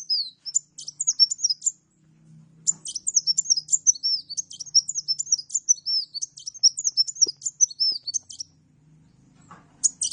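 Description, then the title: Oriental magpie-robin song: a fast stream of high, looping whistles and chips for about two seconds, a short gap, several more seconds of song, a quieter stretch, then a final burst; soft low hum at times. Champion kacer singing lively (gacor); master song used for bird training. "Kacer Juara Gacor"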